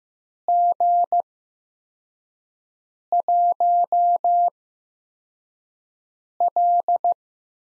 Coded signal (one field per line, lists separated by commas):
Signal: Morse code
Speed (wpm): 15 wpm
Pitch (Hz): 700 Hz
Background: none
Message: G1L